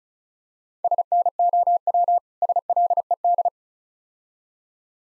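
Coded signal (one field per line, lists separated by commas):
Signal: Morse code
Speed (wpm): 37 wpm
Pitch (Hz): 700 Hz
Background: none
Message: SNOW SLED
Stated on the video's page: Morse code copying practice at 35 wpm with contextual hints, difficult words.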